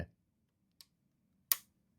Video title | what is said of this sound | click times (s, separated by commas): - LEGO Technic Mercedes-Benz G 500 ٢٨٩١ قطعة وساعات من التركيب - تستاهل ولا لأ ؟ | تكه تكه سمعتها التكه | 1.5 s